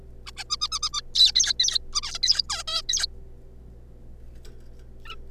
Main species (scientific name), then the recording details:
Taeniopygia guttata. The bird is a juvenile. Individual R3549